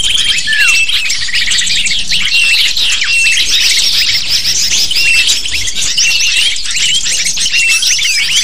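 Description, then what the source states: Lovebird flock calling nonstop: sharp, high twittering chirps piled on one another, with a few downward-slurred squeaks standing out early on. Used to lure lovebirds.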